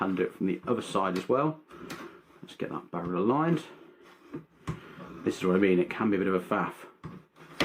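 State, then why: Seated. Someone talks while aligning the barrel and sliding the front barrel assembly back onto an LCT AS VAL airsoft rifle, with quiet fiddling knocks in between. A sharp hit at 7.6 s marks the front assembly seating on the rifle.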